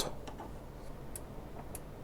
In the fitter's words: はいカチッとなったら装着できたということですね